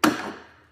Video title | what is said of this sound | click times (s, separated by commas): Starting the " A POWER SMART " CORDLESS LAWN MOWER | and then you hear the snap as the battery | 0.0 s